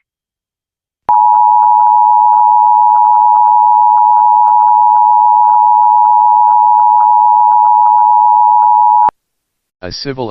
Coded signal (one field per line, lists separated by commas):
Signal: Emergency Alert System (SAME) tones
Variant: 853 and 960 Hz attention tone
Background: speech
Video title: EAS - Hazardous Materials Warning during AoStH (March 17th, 2026, Toon Jones Siskiyou)